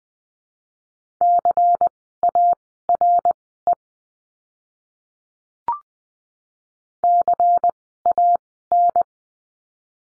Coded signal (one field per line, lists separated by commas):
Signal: Morse code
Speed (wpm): 20 wpm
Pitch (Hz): 700 Hz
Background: none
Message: CARE CAN